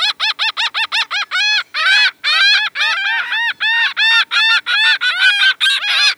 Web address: Laughing Gull